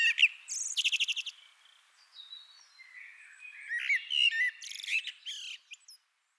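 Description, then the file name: Common blackbird singing: a rapid run of repeated chattering notes, a pause, then low warbled flute-like phrases followed by scratchy high twitters. "Turdus merula"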